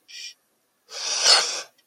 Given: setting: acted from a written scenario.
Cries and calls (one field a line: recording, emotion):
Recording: vocal sound without words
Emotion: awe